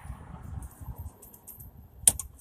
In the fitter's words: Shoving till it clicks, and that's it.